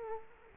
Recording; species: mosquito wingbeat signal from an infrared sensor; Culex quinquefasciatus